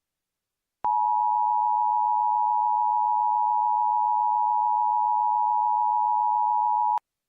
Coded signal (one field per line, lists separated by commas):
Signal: Emergency Alert System (SAME) tones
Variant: 853 and 960 Hz attention tone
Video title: Mock EAS Alert based on Blast Corps